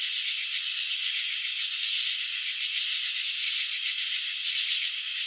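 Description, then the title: Cricket chirping, slowed: a brief, steady, high rattle of tightly packed pulses. Chirping slowed down (slow motion). "Crickets in Slow Motion 📷. Capturing the Elegance of Chirping"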